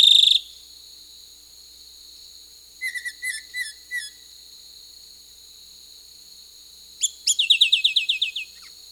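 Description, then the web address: Lawrence's thrush song: a brief burst opens, then a short run of clipped chirps, later a fast rattling trill of bright notes, against a constant high-pitched insect hum. South America. "Natures Songs S America Lawrence's Thrush (Turdus lawrencii)"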